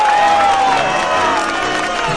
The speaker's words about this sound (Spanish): Queridos amigos, para Huck Finn y para Tom Sawyer, pido un fuerte, fortísimo aplauso.